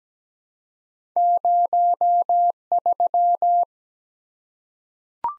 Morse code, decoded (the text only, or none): 03